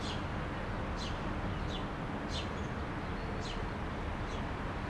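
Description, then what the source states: Bird chirps, several spaced high downward-slurred notes, over a constant traffic drone. Birds in a calm city square with distant traffic, Marseille, France.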